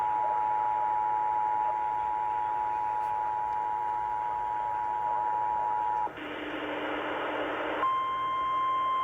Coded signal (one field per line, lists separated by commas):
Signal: Emergency Alert System (SAME) tones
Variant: 853 and 960 Hz attention tone